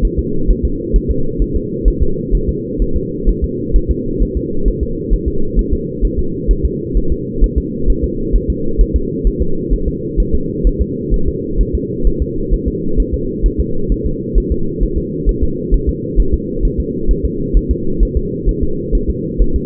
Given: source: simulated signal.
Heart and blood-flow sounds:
fetal heart sounds
0.05 s: S1
0.19 s: S2
0.50 s: S1
0.65 s: S2
0.96 s: S1
1.10 s: S2
1.42 s: S1
1.56 s: S2
1.88 s: S1
2.02 s: S2
2.35 s: S1
2.49 s: S2
2.82 s: S1
2.96 s: S2
3.29 s: S1
3.44 s: S2
3.76 s: S1
3.91 s: S2
4.22 s: S1
4.37 s: S2
4.68 s: S1
4.83 s: S2
5.13 s: S1
5.28 s: S2
5.59 s: S1
5.73 s: S2
6.05 s: S1
6.19 s: S2
6.51 s: S1
6.65 s: S2
6.97 s: S1
7.12 s: S2
7.44 s: S1
7.58 s: S2
7.90 s: S1
8.04 s: S2
8.35 s: S1
8.50 s: S2
8.81 s: S1
8.96 s: S2
9.27 s: S1
9.42 s: S2
9.73 s: S1
9.88 s: S2
10.20 s: S1
10.35 s: S2
10.67 s: S1
10.81 s: S2
11.14 s: S1
11.28 s: S2
11.61 s: S1
11.75 s: S2
12.07 s: S1
12.22 s: S2
12.54 s: S1
12.68 s: S2
13.00 s: S1
13.14 s: S2
13.46 s: S1
13.60 s: S2
13.92 s: S1
14.06 s: S2
14.38 s: S1
14.52 s: S2
14.83 s: S1
14.98 s: S2
15.29 s: S1
15.43 s: S2
15.74 s: S1
15.89 s: S2
16.20 s: S1
16.34 s: S2
16.65 s: S1
16.80 s: S2
17.11 s: S1
17.25 s: S2
17.57 s: S1
17.71 s: S2
18.03 s: S1
18.17 s: S2
18.49 s: S1
18.63 s: S2
18.95 s: S1
19.10 s: S2
19.41 s: S1
19.56 s: S2
From the record:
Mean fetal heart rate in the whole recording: 130 bpm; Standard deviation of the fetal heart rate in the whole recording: 2 bpm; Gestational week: 36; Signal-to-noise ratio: -8.1 dB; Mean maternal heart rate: 72 bpm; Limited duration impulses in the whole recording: absent

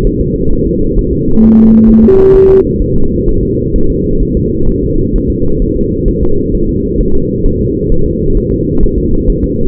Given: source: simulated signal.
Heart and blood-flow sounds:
fetal heart sounds
0.07 s: S1
0.21 s: S2
0.53 s: S1
0.67 s: S2
0.99 s: S1
1.13 s: S2
1.44 s: S1
1.59 s: S2
1.90 s: S1
2.04 s: S2
2.35 s: S1
2.50 s: S2
2.82 s: S1
2.96 s: S2
3.29 s: S1
3.43 s: S2
3.76 s: S1
3.90 s: S2
4.23 s: S1
4.37 s: S2
4.69 s: S1
4.84 s: S2
5.16 s: S1
5.30 s: S2
5.62 s: S1
5.76 s: S2
6.08 s: S1
6.23 s: S2
6.55 s: S1
6.69 s: S2
7.01 s: S1
7.15 s: S2
7.46 s: S1
7.61 s: S2
7.92 s: S1
8.06 s: S2
8.37 s: S1
8.52 s: S2
8.83 s: S1
8.98 s: S2
9.30 s: S1
9.44 s: S2
From the record:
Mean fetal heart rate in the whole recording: 130 bpm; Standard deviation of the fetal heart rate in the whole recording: 4 bpm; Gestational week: 38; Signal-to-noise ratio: -17.7 dB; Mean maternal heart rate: 72 bpm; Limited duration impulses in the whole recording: present

